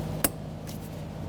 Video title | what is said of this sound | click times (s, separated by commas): How to Replace Fuel Pump Module Assembly 2009-2014 Nissan Maxima (3.5L V6) | Audible click, a light tug confirming it's properly secured. | 0.2 s